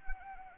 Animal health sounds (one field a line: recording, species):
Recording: mosquito wingbeat signal from an infrared sensor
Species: Anopheles arabiensis